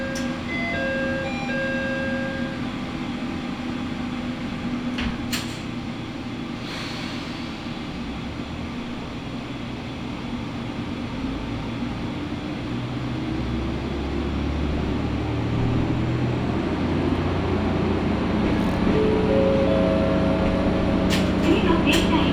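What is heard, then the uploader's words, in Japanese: A Matsuura Railway train runs from Matsuura toward Imari, its engine and wheels making a steady low rumble throughout. The noise builds gradually, growing louder and heavier in the second half. Short sharp squeals and clicks break through around five, seven, and twenty-one seconds. 松浦鉄道 松浦→伊万里。松浦から伊万里は海岸線に沿ったりしながら磁器で有名な伊万里へ向かいます。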